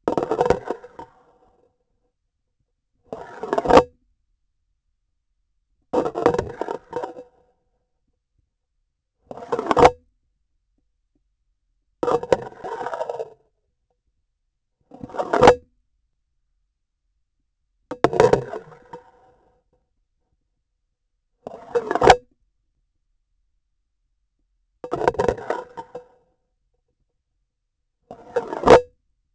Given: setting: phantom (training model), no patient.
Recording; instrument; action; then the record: laparoscopic instrument, vibration sensor on the handle end; grasping forceps; insertion and removal through the trocar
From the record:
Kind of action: spatial motion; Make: Olympus